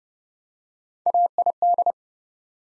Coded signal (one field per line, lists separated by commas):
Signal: Morse code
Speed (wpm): 30 wpm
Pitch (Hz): 700 Hz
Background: none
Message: AID